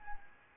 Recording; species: mosquito wingbeat signal from an infrared sensor; Anopheles arabiensis